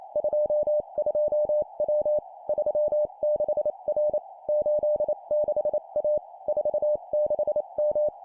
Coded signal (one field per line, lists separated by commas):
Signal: Morse code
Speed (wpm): 28 wpm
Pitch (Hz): 600 Hz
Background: none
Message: 22W 36R 86A 46M